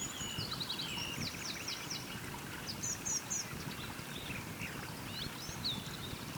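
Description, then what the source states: Birds singing: several short high twittering phrases and quick downslurred notes over a steady rushing of water. Birds singing beside a small river.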